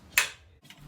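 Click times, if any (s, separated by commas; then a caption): 0.2 s. The lower plastic power distribution housing on a Chevy Duramax is lined up with the holes in the battery tray and pushed down. Its locking clips snap into place with a sharp click at 0.2 s, followed by a fainter tick at 0.7 s. The housing is seated.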